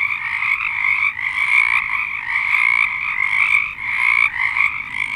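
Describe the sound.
Frog chorus, many overlapping trilling croaks pulsing and swelling continuously, with brief dips in loudness.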